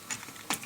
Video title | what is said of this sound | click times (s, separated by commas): T2RX6 Reviews: Master Made MM002 Titan (SD Metroplex) | slides back until it clicks um they tell you to | 0.5 s